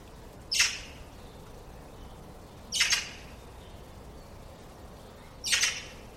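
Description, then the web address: Bird uttering three short, harsh, scratchy squawks spaced about two and a half seconds apart, with steady faint hiss between them. "cianscape birddata Deverinetal"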